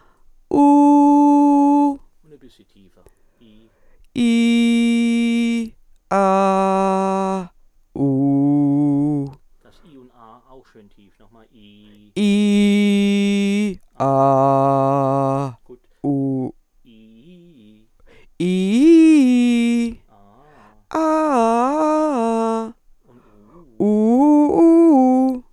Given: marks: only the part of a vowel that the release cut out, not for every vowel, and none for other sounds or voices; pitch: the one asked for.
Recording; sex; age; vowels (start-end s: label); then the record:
sustained vowels; female; 60 to 69 years
0.61-1.82 s: vowel /u/, high pitch
8.09-9.19 s: vowel /u/, low pitch
12.39-13.59 s: vowel /i/, low pitch
14.16-15.32 s: vowel /a/, low pitch
18.45-19.80 s: vowel /i/, low-high-low pitch
20.98-22.48 s: vowel /a/, low-high-low pitch
23.87-25.28 s: vowel /u/, low-high-low pitch
From the record:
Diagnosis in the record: presbyphonia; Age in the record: 68 years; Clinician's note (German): Subglottale Cyste